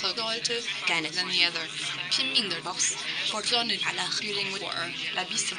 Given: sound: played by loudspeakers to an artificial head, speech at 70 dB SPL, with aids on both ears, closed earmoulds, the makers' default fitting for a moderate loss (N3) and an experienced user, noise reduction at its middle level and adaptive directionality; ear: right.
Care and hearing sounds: speech test signal (ISTS) in cocktail-party noise; +3 dB; on the right (90 degrees)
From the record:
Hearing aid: class 2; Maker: A

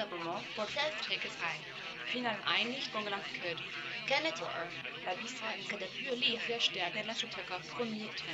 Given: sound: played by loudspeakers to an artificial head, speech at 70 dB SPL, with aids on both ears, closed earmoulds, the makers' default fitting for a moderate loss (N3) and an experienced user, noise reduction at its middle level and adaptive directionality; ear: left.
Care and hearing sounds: speech test signal (ISTS) in cocktail-party noise; +3 dB; in front (0 degrees)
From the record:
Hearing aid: class 1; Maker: F

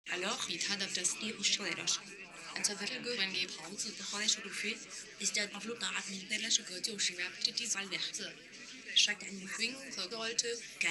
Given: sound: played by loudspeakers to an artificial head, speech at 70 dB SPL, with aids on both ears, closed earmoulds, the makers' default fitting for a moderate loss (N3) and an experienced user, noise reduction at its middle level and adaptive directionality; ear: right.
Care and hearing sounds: speech test signal (ISTS) in cocktail-party noise; +6 dB; in front (0 degrees)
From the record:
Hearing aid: class 1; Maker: J

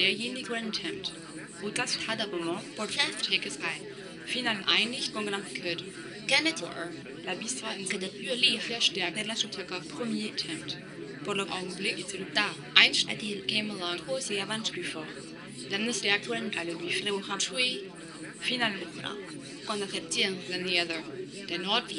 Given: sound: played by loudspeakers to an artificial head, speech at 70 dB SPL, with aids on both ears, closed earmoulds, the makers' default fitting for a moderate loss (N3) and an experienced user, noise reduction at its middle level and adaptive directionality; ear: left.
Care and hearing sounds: speech test signal (ISTS) in cocktail-party noise; 0 dB; in front (0 degrees)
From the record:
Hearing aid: class 2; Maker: B

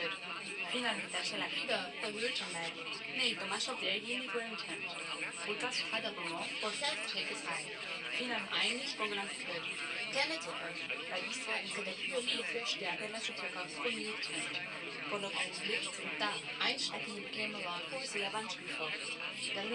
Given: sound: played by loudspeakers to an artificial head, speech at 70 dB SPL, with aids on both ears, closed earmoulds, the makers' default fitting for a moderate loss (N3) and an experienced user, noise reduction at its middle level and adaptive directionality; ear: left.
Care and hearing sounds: speech test signal (ISTS) in cocktail-party noise; +3 dB; on the right (90 degrees)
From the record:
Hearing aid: class 2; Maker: I

